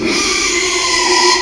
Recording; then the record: squeal of a Yucatan mini pig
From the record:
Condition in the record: after surgery on the right vocal fold (resection and tissue-engineered implant); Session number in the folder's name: 2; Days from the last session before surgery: 13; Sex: male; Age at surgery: 12 weeks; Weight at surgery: 13 kg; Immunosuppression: cyclosporine, prednisolone